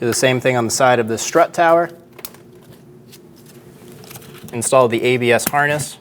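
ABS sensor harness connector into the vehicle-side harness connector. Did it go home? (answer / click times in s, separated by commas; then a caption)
no / none. On a 2001-2006 Chevrolet Silverado 2500 HD during front lower control arm replacement, the ABS wheel-speed sensor harness connector is handled toward its plastic vehicle-side harness connector while someone talks. Faint ticks of handling are heard around 2.2 s and 3.9–4.0 s between the speech. Nothing has seated or clicked yet when the clip ends.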